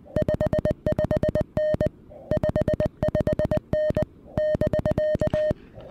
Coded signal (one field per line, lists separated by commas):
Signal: Morse code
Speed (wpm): 20 wpm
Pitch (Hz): 610 Hz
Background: music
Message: 55N 55N <BK>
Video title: SOTA and Stunning Views: Breaking in the Venus SW-3B on Dogback Mountain!